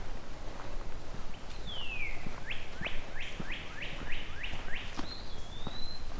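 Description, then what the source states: Eastern Wood-Pewee song: a slurred falling whistle and later a drawn-out wavering whistle, among a series of repeated upswept notes from another bird and faint clicks. Song described as pee-o-wee.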